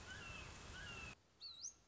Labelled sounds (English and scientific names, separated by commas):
Red-shouldered Hawk (Buteo lineatus)